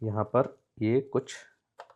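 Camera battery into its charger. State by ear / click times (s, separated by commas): not seated / none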